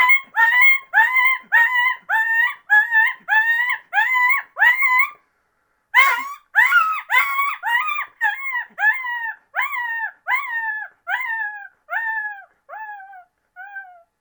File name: Coyote